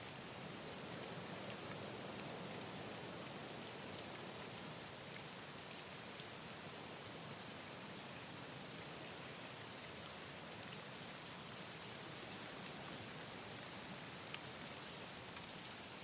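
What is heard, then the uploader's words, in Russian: Cold autumn rain falls steadily and densely, a constant bright hiss of drops pattering on surfaces with no pauses or changes throughout. Холодный осенний дождь.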